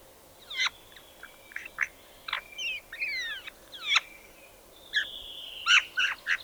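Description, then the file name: Spotted nutcracker song, scattered twangy clicks, whistled slides and downward slurs, ending in a cluster of louder harsh notes. "Tannenhäher Gesang"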